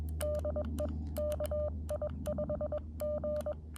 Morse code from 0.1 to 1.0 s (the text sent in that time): DE